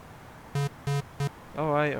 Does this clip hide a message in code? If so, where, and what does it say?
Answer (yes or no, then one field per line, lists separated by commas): no